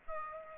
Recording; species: mosquito wingbeat signal from an infrared sensor; Aedes aegypti